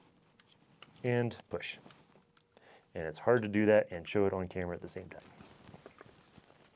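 A plastic blade fuse is handled and pushed toward its slot in a fuse block while someone talks, with a few faint handling ticks in between. The clip ends before the fuse goes home, so nothing has seated or clicked yet.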